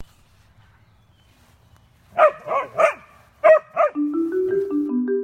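Dog barking, five sharp barks in two quick groups after a quiet start, followed by steady stepped tonal notes that hold and shift in pitch.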